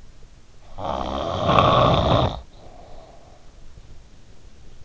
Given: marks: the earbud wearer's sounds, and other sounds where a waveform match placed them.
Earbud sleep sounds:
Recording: sounds in sleep by an in-ear microphone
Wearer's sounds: snoring breath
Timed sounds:
0.70-3.71 s: snoring breath

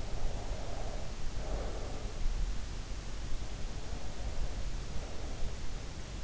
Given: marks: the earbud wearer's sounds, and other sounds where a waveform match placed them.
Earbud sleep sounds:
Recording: sounds in sleep by an in-ear microphone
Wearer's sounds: breath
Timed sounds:
0.14-2.23 s: breath

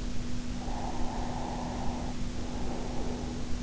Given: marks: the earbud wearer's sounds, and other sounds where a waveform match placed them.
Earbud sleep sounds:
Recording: sounds in sleep by an in-ear microphone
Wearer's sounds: breath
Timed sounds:
0.36-3.56 s: breath

